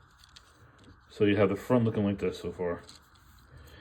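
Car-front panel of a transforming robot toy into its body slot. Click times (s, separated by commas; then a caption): 0.4 s. The plastic car-front panel of a Transformers SS Windcharger robot toy is pressed down into its plastic body slot and snaps into place with a sharp, short click at 0.4 s, with a fainter tick just before. Someone then talks from about 1.2 to 2.9 s, and the panel is seated.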